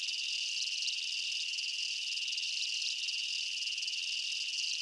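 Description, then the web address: Insects chirp as a constant high, ringing drone with overlapping pulses and no breaks. Night ambience in a jungle, insects and bugs chirping. "Blastwave INSECTS Amb Night Jungle BU. ambience insects chirps night jungle bugs"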